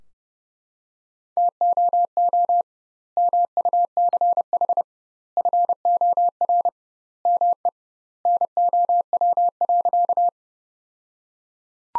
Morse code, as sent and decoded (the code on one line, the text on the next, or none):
- --- --- / -- ..- -.-. .... / ..-. --- .-. / -- . / -. --- .-- .-.-.-
TOO MUCH FOR ME NOW.